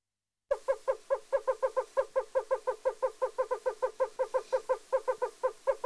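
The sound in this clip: Yellow-bellied toad giving short, mellow hooting notes repeated quickly and evenly throughout, after a brief silent start.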